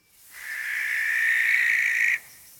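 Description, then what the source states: Owl call: one drawn-out screech, swelling in loudness and held for nearly two seconds before stopping abruptly. Rated least popular bird sound in a survey, average score 1.32.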